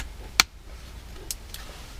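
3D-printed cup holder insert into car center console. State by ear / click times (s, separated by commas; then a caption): seated / 0.4 s. A 3D-printed cup holder part with ambient light wiring is clicked into a car's center console, with a sharp, bright snap at 0.4 s. Two softer, shorter taps follow at about 1.3 s and 1.5 s over a low, steady background hum. The piece seats in place.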